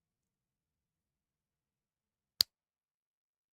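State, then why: Seated. A plastic Lego Technic part from the Peugeot 9X8 Le Mans 24h Hypercar set (42156) is pushed onto a pin or axle. It gives a single sharp, bright click at 2.4 s in otherwise near silence. The part snaps into place and is seated.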